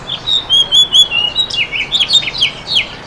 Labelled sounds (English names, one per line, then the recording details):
House Finch song
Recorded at East Hampton on Long Island, New York, on 15 June 2013
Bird B